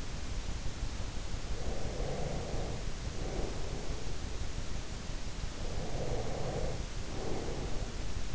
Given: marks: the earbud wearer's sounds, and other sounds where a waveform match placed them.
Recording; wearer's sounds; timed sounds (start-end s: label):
sounds in sleep by an in-ear microphone; breath
1.52-4.16 s: breath
5.44-8.35 s: breath